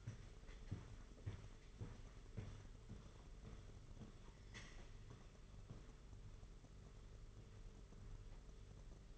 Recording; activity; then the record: daily activity, microphone in the room; walk to room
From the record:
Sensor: 4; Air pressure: 991.9 hPa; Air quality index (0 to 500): 83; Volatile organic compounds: 6 ppm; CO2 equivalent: 1883 ppm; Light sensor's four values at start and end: 21/74/27/29 and 21/75/27/29